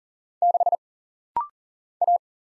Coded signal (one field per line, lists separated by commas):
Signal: Morse code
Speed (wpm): 40 wpm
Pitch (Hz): 700 Hz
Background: none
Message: 6 A